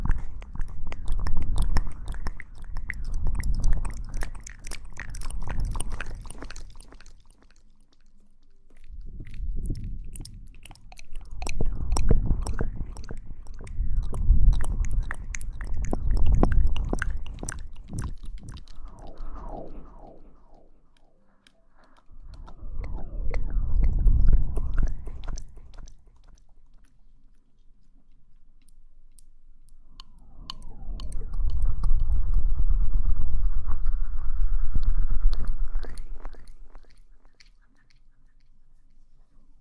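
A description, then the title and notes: Mouth sounds of wet chewing and crunching come in bursts of several seconds, separated by short pauses, with a smacking, slurpy texture throughout. Mouth Sounds.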